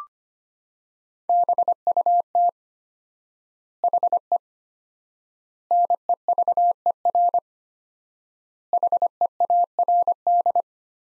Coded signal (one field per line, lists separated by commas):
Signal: Morse code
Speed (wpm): 25 wpm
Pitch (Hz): 700 Hz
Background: none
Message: BUT HE NEVER HEARD